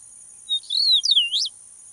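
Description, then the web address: Eastern meadowlark singing one short phrase of clear, slurred whistles that dip and rise, over a steady high-pitched hiss. "Eastern meadowlark. صدای-پرنده-چمن-چکاو-شرقی"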